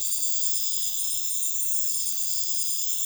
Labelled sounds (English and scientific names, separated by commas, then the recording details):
none
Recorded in dense forest near Puerto Asís, Putumayo, Colombia, on 21 February 2024 at 03:00
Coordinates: 0.505, -76.324
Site G6467